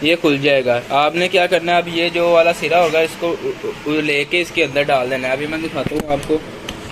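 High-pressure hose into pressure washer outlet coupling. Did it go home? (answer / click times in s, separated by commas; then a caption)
no / none. A high-pressure hose is being handled at the quick-connect outlet coupling of an INGCO car pressure washer, with the coupling's collar pulled back so the hose can be pushed in. Someone talks throughout, and there is a brief sharp sound at about 6.7 s. The hose has not seated or locked in yet.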